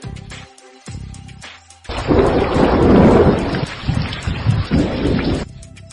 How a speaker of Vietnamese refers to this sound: Tiếng sấm nặng nề vang dội trên đỉnh đầu.